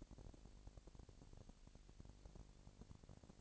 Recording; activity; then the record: daily activity, microphone in the room; no activity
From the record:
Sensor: 5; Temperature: 20.1 degrees Celsius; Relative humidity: 38.2%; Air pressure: 998.9 hPa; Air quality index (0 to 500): 218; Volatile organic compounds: 24 ppm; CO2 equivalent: 2814 ppm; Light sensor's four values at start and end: 2/3/1/1 and 2/3/1/1